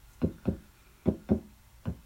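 Paired low lub-dub thumps of a heartbeat in a steady, regular rhythm, about 72 beats a minute.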